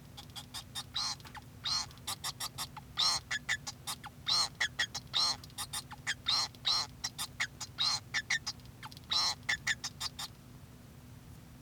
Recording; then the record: song of a male Bengalese finch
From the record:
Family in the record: son of father 2